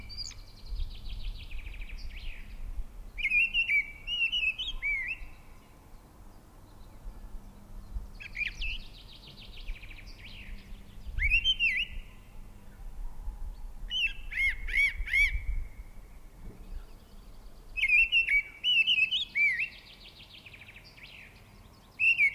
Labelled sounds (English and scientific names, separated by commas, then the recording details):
Mistle Thrush (Turdus viscivorus) song
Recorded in the wild
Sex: male
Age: adult
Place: Erlangen, Bayern, DE
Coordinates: 49.6086, 10.9697
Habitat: forest
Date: 1962-05-11 18:45
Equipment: Stellavox SM 5, Original, Vollspur
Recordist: Tretzel, Erwin